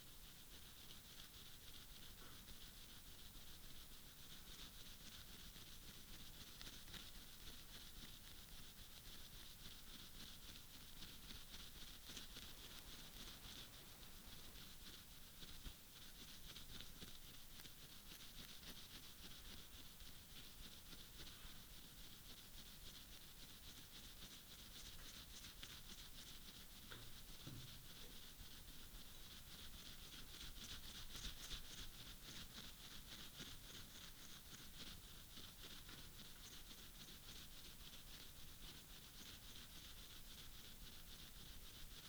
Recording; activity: daily activity, guitar pickup as the sensor; brush teeth